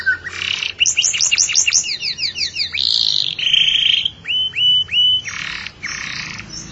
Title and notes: BM Suara Burung Kenari